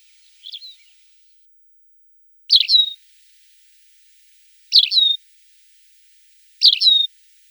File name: Konek polevoj